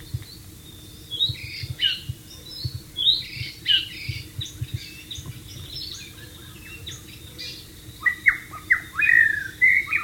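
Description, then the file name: White-rumped shama song: a string of varied whistled notes and quick warbles, pausing midway, then louder sharp whistles toward the end; a faint hum runs beneath. "suara burung murai batu di alam liar"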